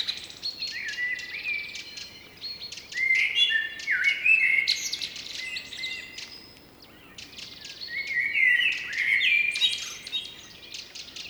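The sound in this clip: Blackbird song in two clear bursts of warbled, flute-like notes with scratchy high trills, a quieter gap between them and chirping throughout.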